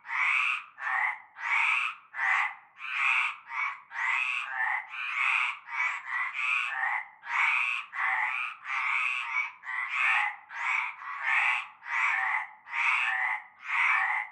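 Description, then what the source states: Dense chorus of frogs, grating croaks of varied length overlapping irregularly, about one and a half per second. Chorus of frogs from nightfall in a large concrete basin with stagnant greenish water, Avenue Cante Coucou, Groupède, La Ciotat, Bouches-du-Rhône, France.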